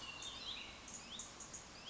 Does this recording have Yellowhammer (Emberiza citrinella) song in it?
no